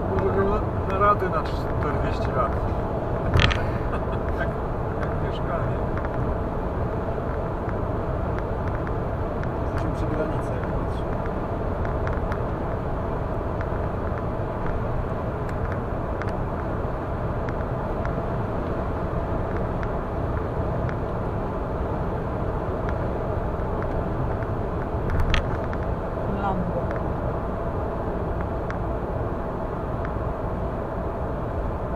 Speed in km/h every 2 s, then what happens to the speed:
109, 109, 110, 110, 110, 110, 110, 110, 109, 109, 109, 109, 109, 106, 104, 102.
0-23 steady at about 109. 23-32 slows to 102.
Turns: none.